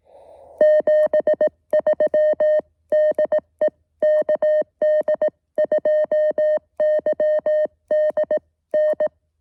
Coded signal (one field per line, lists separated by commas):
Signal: Morse code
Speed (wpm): 18 wpm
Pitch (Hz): 620 Hz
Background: music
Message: 73 DE KD2YDN